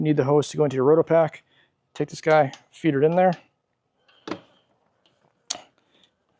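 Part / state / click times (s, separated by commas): water pump onto water container opening / seated / 5.5 s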